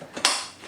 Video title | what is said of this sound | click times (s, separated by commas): 2017 Suzuki GSX-S750 Fender Eliminator Installation - Vagabond Motorsports VM-SS710 | down to hear the click that point you're ready to go alright | 0.2 s